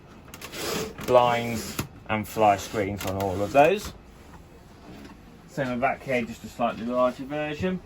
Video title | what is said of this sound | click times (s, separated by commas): Benimar Handover | locks in place. | 0.3 s